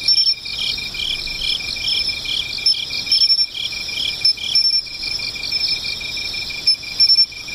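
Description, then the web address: Several insects calling at once: shrill unbroken drone, fast ticking trill and rhythmic chirps in short runs, with occasional thin high squeaks. "cats nishikawa 201110 mushinokoi"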